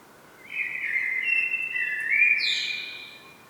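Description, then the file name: Common blackbird song: one long, flowing fluted phrase, dipping and rising, capped by a thin high squeak near its end. "Turdus merula"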